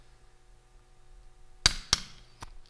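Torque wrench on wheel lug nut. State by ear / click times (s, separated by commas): torque reached / 1.7 s, 1.9 s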